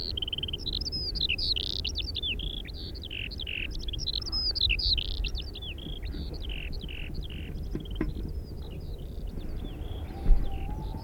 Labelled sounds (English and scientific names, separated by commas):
Eurasian Skylark (Alauda arvensis) song